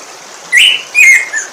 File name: bico de pimenta